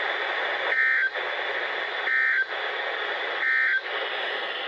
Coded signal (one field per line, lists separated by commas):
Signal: Emergency Alert System (SAME) tones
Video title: HAPPY NEW YEAR. HAVE SOME WARNINGS. (EAS#77-94)(Eas Compilation as of 1/1/22)